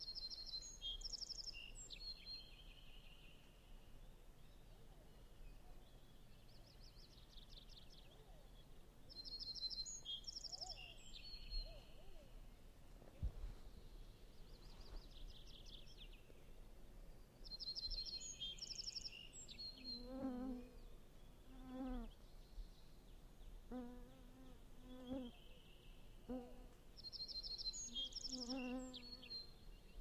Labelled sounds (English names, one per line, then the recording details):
Little Bunting song
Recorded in the wild
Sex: male
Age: adult
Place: Halbinsel Kindo, Karelien, RU
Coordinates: 66.5361, 33.0567
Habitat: taiga
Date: 1998-06-18 14:15
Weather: 15°C, sunny
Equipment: Sony WM-D6C, Sennheiser ME 80, K 30 AV
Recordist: Frommolt, Karl-Heinz
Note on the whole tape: Hochmoor am Oberen Jershov-See: Gesang einer Zwergammer. Singt auf Spitze einer abgestorbenen Kiefer. Entfernung ca. 50 m. Tier gesehen, aber keine visuelle Artbestimmung